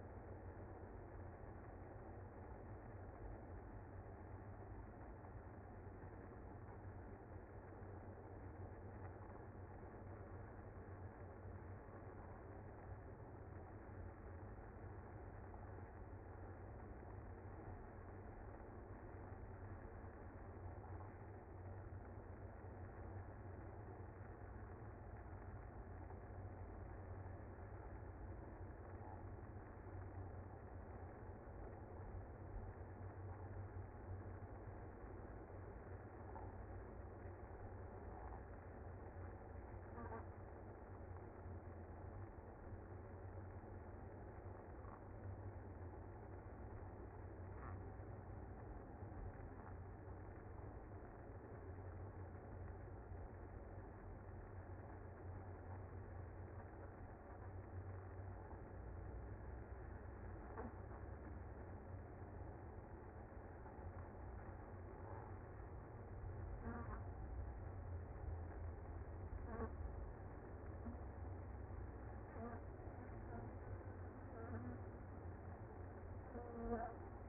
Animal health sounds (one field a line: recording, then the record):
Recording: honeybee colony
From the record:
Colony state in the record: active